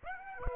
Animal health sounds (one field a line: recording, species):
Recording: mosquito wingbeat signal from an infrared sensor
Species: Aedes aegypti